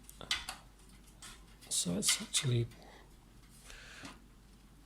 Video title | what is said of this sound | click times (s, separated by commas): Building a 500$ AMD Gaming PC | as you can see it just kind of clicks into place | 0.3 s